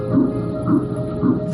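Regular whooshing pulses: fetal heartbeats picked up on Doppler ultrasound, from triplets.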